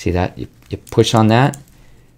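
A folding implement on a Leatherman OHT multitool is handled while someone talks, with the release pushed on as the implement is about to be unfolded. Nothing has seated or clicked into place yet by the end of the clip.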